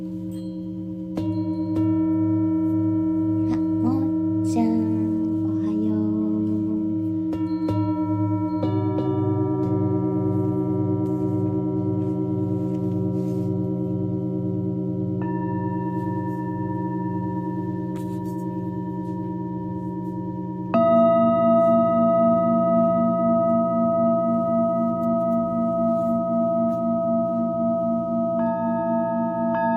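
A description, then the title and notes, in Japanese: Singing bowls ring in a long, steady sound-healing drone, with several sustained tones layered and slowly wavering. New strikes add fresh tones around 2, 9, 15 and 21 seconds, the last noticeably louder and brighter. Faint light clinks appear early on. メキシコから シンギングボウルのサウンドヒーリング ライブ。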